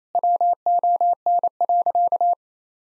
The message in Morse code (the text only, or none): WON.